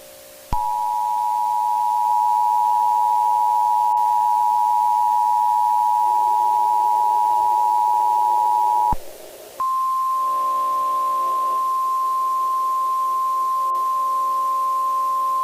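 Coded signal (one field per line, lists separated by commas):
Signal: Emergency Alert System (SAME) tones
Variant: 853 and 960 Hz attention tone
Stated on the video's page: Fictional EAS scenario.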